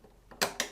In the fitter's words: and you push that down now you must make certain that you hear a click all four cartridges are clicked in